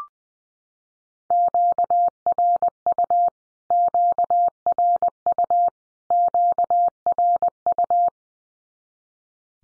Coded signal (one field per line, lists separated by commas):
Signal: Morse code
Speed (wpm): 20 wpm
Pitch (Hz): 700 Hz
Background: none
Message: QRU QRU QRU